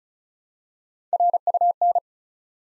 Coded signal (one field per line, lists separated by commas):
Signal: Morse code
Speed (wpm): 36 wpm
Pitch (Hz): 700 Hz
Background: none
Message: RUN